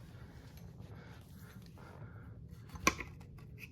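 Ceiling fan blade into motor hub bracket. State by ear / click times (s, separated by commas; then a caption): seated / 2.9 s. A ceiling fan blade is slid onto its metal mounting bracket on the motor hub over a quiet, low hum with faint sliding and scraping. It snaps into place with a sharp click at 2.9 s, followed by a smaller knock just after, and the blade is seated.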